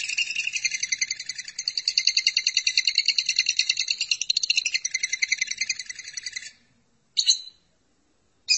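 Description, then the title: Lovebird song: a long, fast, buzzy twittering chatter in rapid pulses lasting over six seconds, then a short pause and two brief harsh chirps. "BM Suara Burung Lovebird"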